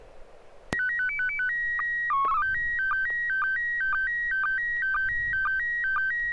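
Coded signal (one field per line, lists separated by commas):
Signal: SSTV (slow-scan television)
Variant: PD 120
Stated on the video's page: SSTV images exchanged in a weekly amateur radio net on an FM repeater at 441.300 MHz in Sacramento, using MMSSTV software.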